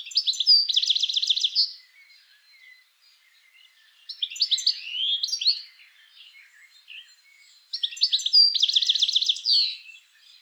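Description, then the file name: European goldfinch twittering calls: three bright, rapid bursts of liquid tinkling notes about every four seconds, with soft scattered chirps between them. "Carduelis carduelis"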